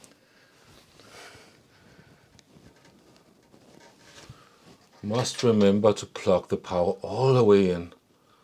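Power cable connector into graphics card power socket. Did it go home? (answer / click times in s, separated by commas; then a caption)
no / none. A power cable plug is handled at the plastic latching power socket of an NVIDIA RTX 3080 graphics card that is being taken apart to water cool it. Faint rubbing and a few small ticks are heard near 0.0, 2.4 and 3.2 seconds, then someone talks from about 5 to 8 seconds. The plug is not yet home; nothing has seated or clicked yet.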